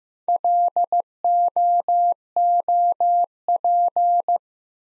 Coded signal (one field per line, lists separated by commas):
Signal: Morse code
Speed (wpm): 15 wpm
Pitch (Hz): 700 Hz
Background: none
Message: LOOP